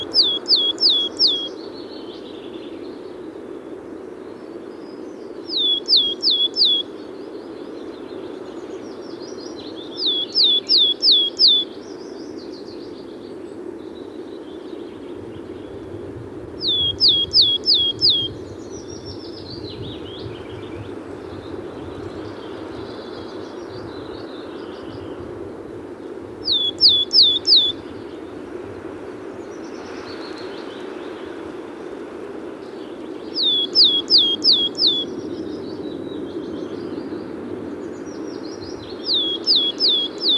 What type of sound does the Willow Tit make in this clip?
song